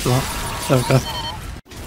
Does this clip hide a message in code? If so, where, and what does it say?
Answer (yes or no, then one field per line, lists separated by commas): no